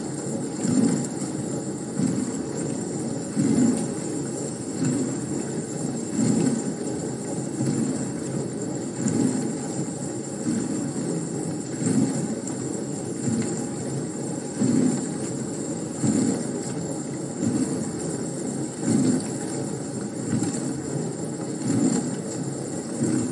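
A dishwasher runs with a steady low churning hum, its water and motor noise pulsing in regular surges roughly every second or so. The sound is dense, with a faint hiss of spraying water above the rumble throughout.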